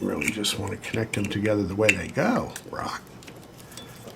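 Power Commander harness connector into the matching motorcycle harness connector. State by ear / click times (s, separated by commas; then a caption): partly seated / 3.8 s. A Dynojet Power Commander V harness connector is pushed into the matching motorcycle harness connector on a 2020–2023 Kawasaki Z H2 while someone talks. A click is heard at 3.8 s, but it is not trusted and the connector is not fully home, so it is pulled back to check.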